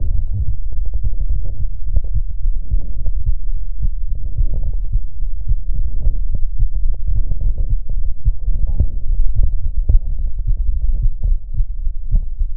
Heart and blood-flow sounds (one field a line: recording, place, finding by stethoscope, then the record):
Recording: heart sounds by stethoscope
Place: aortic valve (AV)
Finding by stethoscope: normal heart sounds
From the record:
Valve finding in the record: normal valve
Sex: male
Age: 53 years